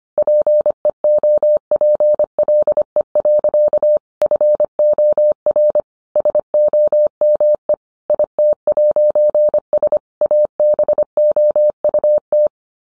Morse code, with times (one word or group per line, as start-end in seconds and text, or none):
0.2-4.0 PEOPLE.
4.2-5.8 FOR
6.2-7.7 SOME
8.1-10.0 IT'S
10.2-12.5 ABOUT